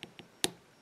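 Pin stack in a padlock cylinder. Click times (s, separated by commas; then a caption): 0.4 s. While a Master Lock No. 3 padlock is picked with a hook and tension tool, two faint ticks at about 0.0 s and 0.2 s come from the pin stack in the cylinder. They are followed by a loud, sharp click at 0.4 s as pin four sets at the shear line.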